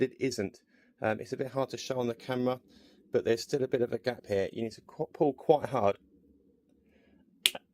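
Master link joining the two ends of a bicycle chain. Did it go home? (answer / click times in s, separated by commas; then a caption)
yes / 7.5 s. Someone talks while pulling hard on a bicycle chain to close a new metal master (quick) link joining its two ends. After a pause, the link closes with a single sharp snap at 7.5 s, seating firmly with a positive click that a worn old link would not give.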